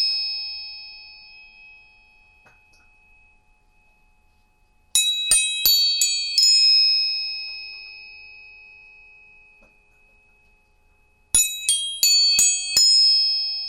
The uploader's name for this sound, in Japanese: 音叉チューニング